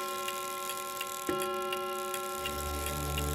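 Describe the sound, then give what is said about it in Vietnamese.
A clock showing midnight ticks in a steady rhythm, about twice a second. A sharp strike partway through sets off a sustained ringing tone, and a low hum joins near the end. “Đồng hồ lúc này đã chỉ 12 giờ đêm.”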